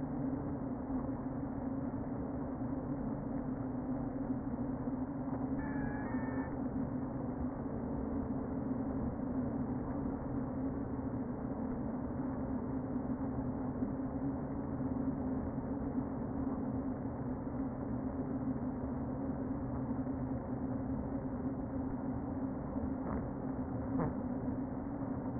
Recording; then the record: honeybee colony, microphone inside the hive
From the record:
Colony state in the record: queen present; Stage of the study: before two queens were removed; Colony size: about 60,000 bees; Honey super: yes